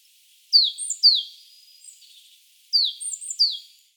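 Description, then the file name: Great tit calls: bright downslurred notes in two-note groups separated by a short gap, each note dropping sharply in pitch, with a faint thin whistle between groups. "Parus major"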